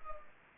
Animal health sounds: mosquito wingbeat signal from an infrared sensor; Anopheles arabiensis

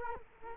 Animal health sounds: mosquito wingbeat signal from an infrared sensor; Culex quinquefasciatus

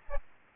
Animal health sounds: mosquito wingbeat signal from an infrared sensor; Aedes aegypti

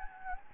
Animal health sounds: mosquito wingbeat signal from an infrared sensor; Anopheles gambiae

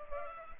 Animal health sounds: mosquito wingbeat signal from an infrared sensor; Culex pipiens

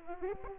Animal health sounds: mosquito wingbeat signal from an infrared sensor; Aedes aegypti

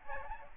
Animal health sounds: mosquito wingbeat signal from an infrared sensor; Aedes albopictus

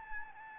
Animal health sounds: mosquito wingbeat signal from an infrared sensor; Aedes albopictus

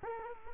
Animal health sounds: mosquito wingbeat signal from an infrared sensor; Culex quinquefasciatus

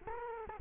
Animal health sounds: mosquito wingbeat signal from an infrared sensor; Culex quinquefasciatus

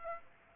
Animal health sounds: mosquito wingbeat signal from an infrared sensor; Aedes aegypti

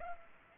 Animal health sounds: mosquito wingbeat signal from an infrared sensor; Culex pipiens

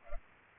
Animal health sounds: mosquito wingbeat signal from an infrared sensor; Culex pipiens

